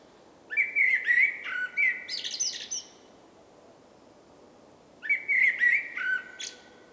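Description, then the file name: Common blackbird song in two phrases, each a run of low rich whistles closing with thin, high squeaky twitters, separated by about two seconds of quiet. "Turdus merula"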